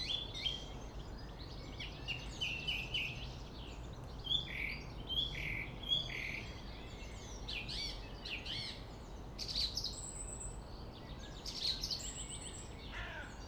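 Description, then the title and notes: Song thrush singing varied short whistled and twittering phrases, some notes repeated, with a continuous low traffic rumble throughout. Singing in a Berlin cemetery, with distant city traffic noise; Sony PCM D50. "Friedhof Columbiadamm, Berlin - Song thrush. Song thrush (Singdrossel) singing, distant city. traffic noise"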